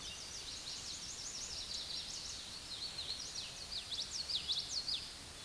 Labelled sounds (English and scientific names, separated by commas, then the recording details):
Common Yellowthroat (Geothlypis trichas) song
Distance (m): 15 m
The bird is about 5 m above the microphone
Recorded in a Pennsylvania forest on 16 May 2024 at 09:37
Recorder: AudioMoth, point MSD-1892
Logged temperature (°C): 14.5 °C
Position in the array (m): 90 m, 93 m